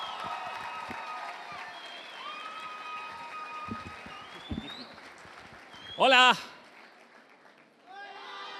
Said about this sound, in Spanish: Sin más preámbulos, para que nos rinda el tiempo, los dejo en compañía de …. Un aplauso.